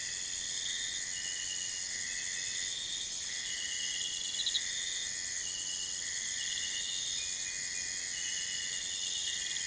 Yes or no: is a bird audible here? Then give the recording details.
no. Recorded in pastures near Puerto Asís, Putumayo, Colombia, on 21 December 2024 at 02:30. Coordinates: 0.472, -76.329. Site G072